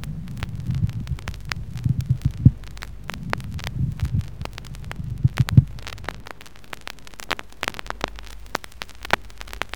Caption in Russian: Шум трения плевры – это прерывистый звук непостоянной интенсивности. Он выслушивается как при вдохе, так и при выдохе.